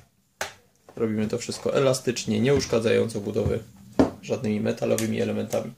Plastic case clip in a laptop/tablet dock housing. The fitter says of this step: słyszycie jak po kolei zatrzaski puszczają